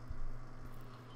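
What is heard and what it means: A transfer roller assembly is handled and moved back onto the collar of its roller holder in a Kyocera M3550idn printer, with faint low handling thumps near 0.1 and 0.65 seconds over a steady low hum. Nothing has seated or clicked yet; the roller has not snapped into place.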